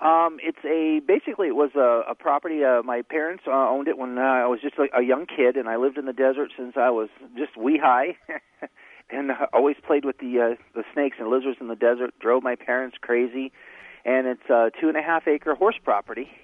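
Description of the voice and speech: A man speaks fluently at an easy pace in a clear, ordinary voice, with a slightly muffled, phone-like sound.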